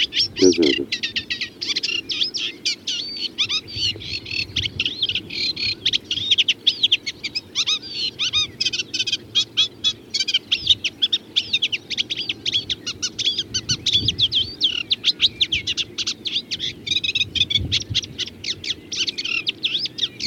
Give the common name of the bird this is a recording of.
Eurasian Reed Warbler